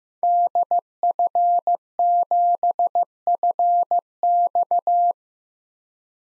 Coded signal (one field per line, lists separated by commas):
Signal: Morse code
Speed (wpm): 15 wpm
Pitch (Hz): 700 Hz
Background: none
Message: DF7FX